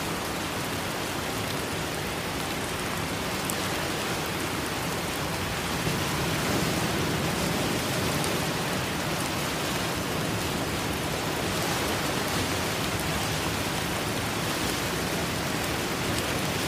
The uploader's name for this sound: Rain & Storm Sounds With Ocean Waves Crashing